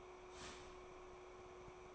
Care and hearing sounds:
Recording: daily activity, microphone in the room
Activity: start toaster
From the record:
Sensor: 1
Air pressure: 1004.3 hPa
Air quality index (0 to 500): 200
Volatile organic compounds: 19 ppm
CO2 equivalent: 2645 ppm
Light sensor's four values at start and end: 5/13/4/5 and 5/13/4/5

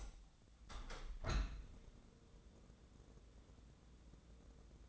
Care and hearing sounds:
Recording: daily activity, microphone in the room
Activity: open window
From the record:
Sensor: 3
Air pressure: 1012.3 hPa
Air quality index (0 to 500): 142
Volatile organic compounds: 2 ppm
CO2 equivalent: 1090 ppm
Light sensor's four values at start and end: 298/729/303/299 and 295/721/301/297

